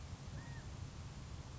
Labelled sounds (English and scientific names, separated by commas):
California Quail (Callipepla californica)